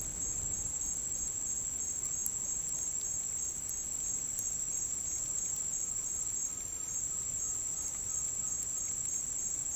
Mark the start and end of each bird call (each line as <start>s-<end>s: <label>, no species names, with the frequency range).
0.00s-1.11s: bird call (0.5-1.9 kHz)
5.69s-8.96s: bird call (0.7-2.3 kHz)